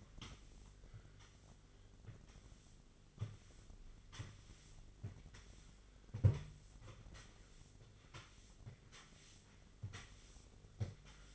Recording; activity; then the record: daily activity, microphone in the room; sweep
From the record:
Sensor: 4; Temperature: 27.9 degrees Celsius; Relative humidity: 34.3%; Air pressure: 1002.4 hPa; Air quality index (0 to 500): 216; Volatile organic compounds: 12 ppm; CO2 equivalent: 2330 ppm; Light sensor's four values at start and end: 19/68/25/25 and 19/68/25/25